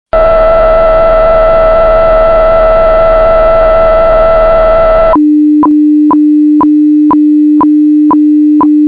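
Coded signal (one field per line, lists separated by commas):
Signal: weather fax (radiofax)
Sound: harsh buzzing warble, then a steady low hum with short chirps twice a second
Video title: HF FAX SOUND Effect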